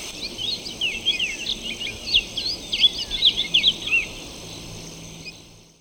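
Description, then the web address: Black-billed Seed-Finch singing a fast, tumbling series of sweet slurred whistles and twitters, fading away near the end against a constant high insect drone. Recorded in Ecuador. "S America Birds of Ecuador. Black-billed Seed-Finch"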